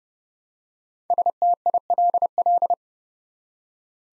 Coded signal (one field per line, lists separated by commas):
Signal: Morse code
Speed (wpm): 30 wpm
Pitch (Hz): 700 Hz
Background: none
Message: STILL